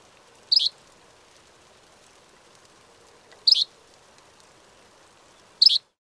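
Bird calls: three short, high notes spaced roughly two to three seconds apart over a faint background hum.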